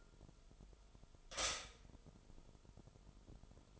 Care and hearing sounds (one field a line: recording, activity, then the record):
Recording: daily activity, microphone in the room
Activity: stop toaster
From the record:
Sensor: 5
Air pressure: 988.7 hPa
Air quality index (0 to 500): 231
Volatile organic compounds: 176 ppm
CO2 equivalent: 4128 ppm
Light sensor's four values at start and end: 40/124/48/52 and 40/124/48/51